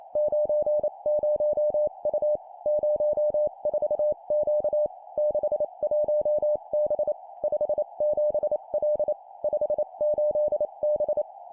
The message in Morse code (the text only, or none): 90U 04Q 61B 57L 58B